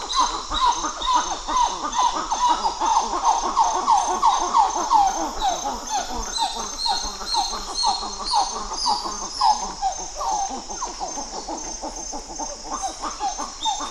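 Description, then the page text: Coppery titi monkey duet: dense, overlapping chorus of short descending notes, with a continuous high-pitched buzz in the background. Duet by group 1, recorded 12 October 2018 at 06:27. "Plecturocebus cupreus. Gr 1 duet 20181012 062700"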